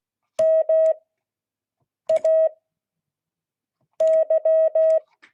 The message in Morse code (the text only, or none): MAY